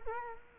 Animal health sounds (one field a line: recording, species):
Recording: mosquito wingbeat signal from an infrared sensor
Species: Culex quinquefasciatus